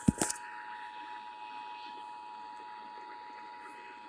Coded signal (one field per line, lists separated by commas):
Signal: Emergency Alert System (SAME) tones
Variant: 853 and 960 Hz attention tone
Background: speech